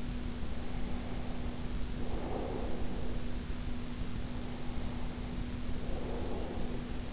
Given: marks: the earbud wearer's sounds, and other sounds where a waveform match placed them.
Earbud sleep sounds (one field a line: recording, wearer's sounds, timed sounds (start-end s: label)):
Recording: sounds in sleep by an in-ear microphone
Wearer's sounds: breath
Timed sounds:
0.30-3.51 s: breath
4.11-7.12 s: breath